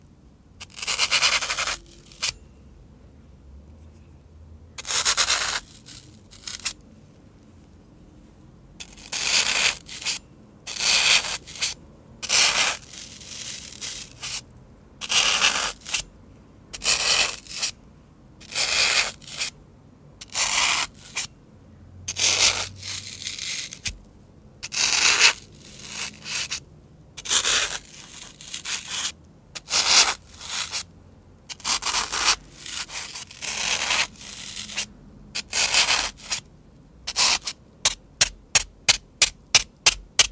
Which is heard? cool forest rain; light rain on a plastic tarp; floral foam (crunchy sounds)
floral foam (crunchy sounds)